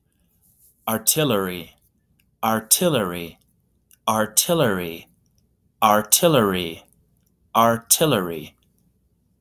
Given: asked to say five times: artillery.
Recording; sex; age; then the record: repeated word; male; 30 to 39 years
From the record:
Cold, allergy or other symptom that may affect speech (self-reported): no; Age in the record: 39 years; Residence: Wyoming, United States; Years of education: 16